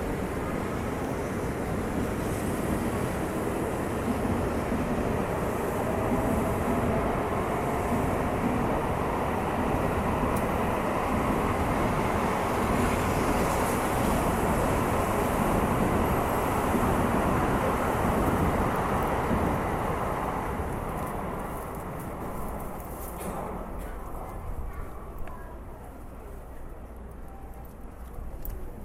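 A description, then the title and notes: A train rumbles steadily through a station, a dense low roar with clattering texture that holds for about twenty seconds, then eases and thins out toward the end. Faint voices are mixed in beneath the noise, and scattered clicks appear near the close. TRAIN STATION IN JAPAN AMBIENCE.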